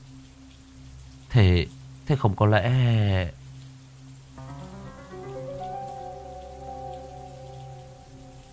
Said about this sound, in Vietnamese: Chiếu đèn pin lên xô quét khắp nơi, bốn bể im phăng phắc, mưa vẫn rì rào trong đêm.